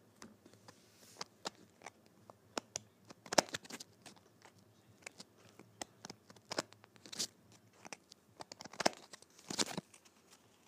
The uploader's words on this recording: ASMR Playing Cards.